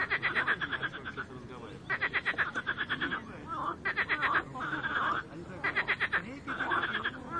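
Frog chorus of rapid pulsed croaking trills in repeated bursts, several callers overlapping.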